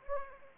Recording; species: mosquito wingbeat signal from an infrared sensor; Anopheles arabiensis